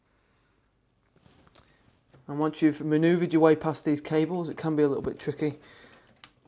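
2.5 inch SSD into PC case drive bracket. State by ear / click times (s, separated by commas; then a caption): seated / 6.2 s. A 2.5-inch SSD is slid into a tool-free plastic/metal drive bracket behind the motherboard tray of a Corsair Graphite 760T PC case, getting past some cables along the way. Someone talks, then a sharp click at 6.2 seconds marks the drive seating in the bracket.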